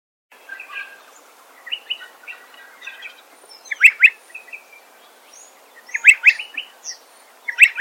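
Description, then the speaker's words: Striated Pardalote calls, soft twittering notes building to sharp high chip pairs. Bird eating lerps in tree canopy, Murray Bridge, regional South Australia, Njarrindjeri country; second pardalote may answer in distance; recording by Eddie Smith. "You can hear striated pardalote eating lerps in the tree canopy."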